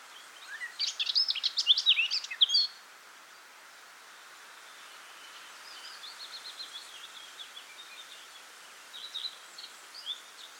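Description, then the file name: Eurasian blackcap giving a short loud burst of scratchy warbling, then only faint, soft warbling notes over steady background hiss. "Sylvia atricapilla"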